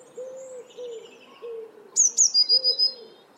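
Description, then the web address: Eurasian blue tit song: two thin, very high falling notes then a short even trill, over a series of low soft hoots from another bird. "cianscape. Deverinetal"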